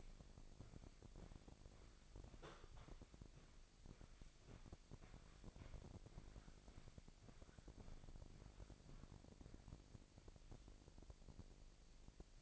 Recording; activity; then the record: daily activity, microphone in the room; walk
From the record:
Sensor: 5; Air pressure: 1001.8 hPa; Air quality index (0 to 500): 186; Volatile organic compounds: 13 ppm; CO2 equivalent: 2392 ppm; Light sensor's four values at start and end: 33/107/41/43 and 33/107/41/43